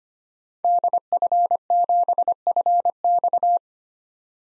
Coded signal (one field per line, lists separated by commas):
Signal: Morse code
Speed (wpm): 25 wpm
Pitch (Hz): 700 Hz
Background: none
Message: DF7FX